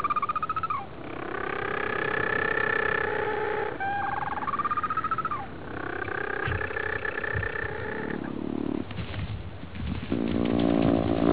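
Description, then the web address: Penguins braying: loud, harsh honking calls in drawn-out phrases with pulsing stretches, one after another with brief gaps between them. "lynn penguins"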